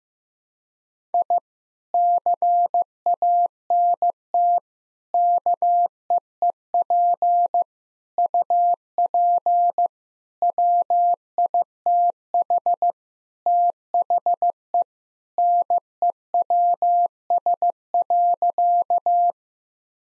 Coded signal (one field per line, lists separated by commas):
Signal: Morse code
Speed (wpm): 15 wpm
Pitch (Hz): 700 Hz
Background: none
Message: I CANT KEEP UP WITH THE NEWS.